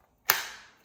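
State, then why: Seated. A plastic accessory tool is pushed onto the wand of a UWANT V500 cordless vacuum and clicks into place at 0.3 s, a sharp, bright snap whose tail fades over about half a second. The accessory is seated, unlike on the Miele HX1, where the accessory fits snugly with no click.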